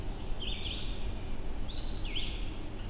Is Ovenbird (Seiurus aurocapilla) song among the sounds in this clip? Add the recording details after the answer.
no. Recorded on 22 June 2016 at 07:04. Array SBT-6-76